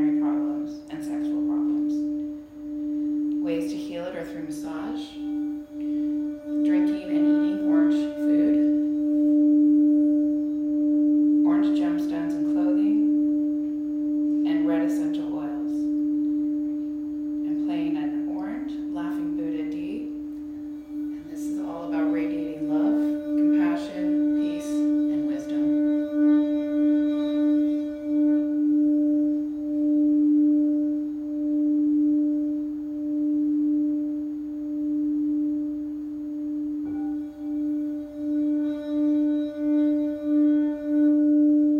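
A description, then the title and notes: A sound bath: a steady, pure low tone hums unbroken through the whole piece, like a sustained bowl or fork, with a fainter overtone above it. For the first half, a voice speaks softly in short phrases over the drone; afterward only the ringing tone remains. This is a LIVE 60 minute Sound Bath recorded at Common Bond Yoga in Springfield, OR.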